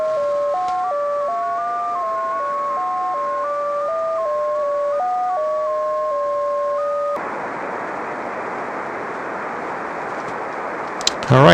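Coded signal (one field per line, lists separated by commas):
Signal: JT65, JT9 or WSPR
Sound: slow melodic stepping tones for seven seconds, then steady receiver hiss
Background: radio static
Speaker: will flip back to the receive mode and what we can see if I the other station responds and now we're waiting [Music]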